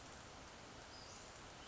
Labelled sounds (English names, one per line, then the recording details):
Western Flycatcher
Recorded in Sonoma County, California